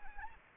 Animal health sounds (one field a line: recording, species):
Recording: mosquito wingbeat signal from an infrared sensor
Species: Anopheles arabiensis